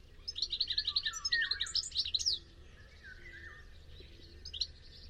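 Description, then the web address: Bird song: rapid high trilled bursts for about two seconds, with lower slurred chirps underneath, then quieter scattered notes. "cianscape birddata Deverinetal 2025 Bird Only Ca Ca Ca Ca"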